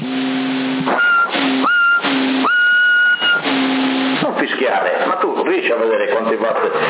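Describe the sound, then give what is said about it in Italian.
Steady whistling tones ring over a CB radio channel in Sassari in April 2022, broken by bursts of static and stepping up in pitch, before giving way to garbled radio chatter. “Fischiare, ma tu riesci a vedere quanti watt stai dando?”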